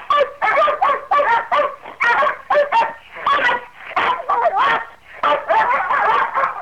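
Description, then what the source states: Hounds barking and baying almost without pause, barks overlapping between two dogs, some drawn out into short howling bays. Two hounds barking together.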